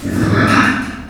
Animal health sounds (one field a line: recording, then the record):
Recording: squeal of a Yucatan mini pig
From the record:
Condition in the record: after surgery on the right vocal fold (resection and tissue-engineered implant)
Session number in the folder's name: 7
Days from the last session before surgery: 47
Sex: female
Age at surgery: 19 weeks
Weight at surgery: 25 kg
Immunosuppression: prednisolone